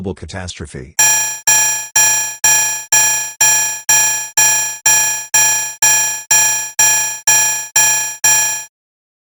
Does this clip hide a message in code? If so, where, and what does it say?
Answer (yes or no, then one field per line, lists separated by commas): no